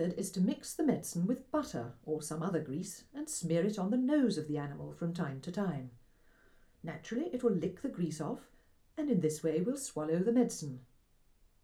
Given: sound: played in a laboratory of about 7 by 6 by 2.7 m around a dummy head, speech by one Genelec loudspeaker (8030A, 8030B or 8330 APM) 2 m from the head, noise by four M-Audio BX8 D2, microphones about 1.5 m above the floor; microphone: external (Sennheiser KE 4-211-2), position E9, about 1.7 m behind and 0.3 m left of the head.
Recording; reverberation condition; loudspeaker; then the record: female speech in English; low; 150 degrees to the right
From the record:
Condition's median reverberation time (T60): about 310 ms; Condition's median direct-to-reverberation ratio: about 3.5 dB